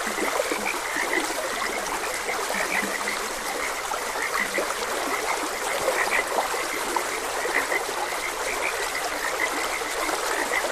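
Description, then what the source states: Frog: brief croaking notes from frogs sound again and again over continuous running water. Frogs croaking beside a gentle stream.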